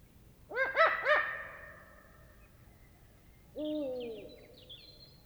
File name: Eurasian Eagle Owl Devils Cackles Of Female Hooting Of Male